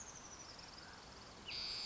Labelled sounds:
Oak Titmouse
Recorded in Sonoma County, California

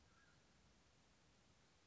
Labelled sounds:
Mountain Quail
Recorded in Sonoma County, California

